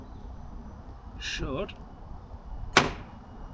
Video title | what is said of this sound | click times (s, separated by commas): Caddy Camper gets new Lights!! | should click in, and that's it done. | 2.8 s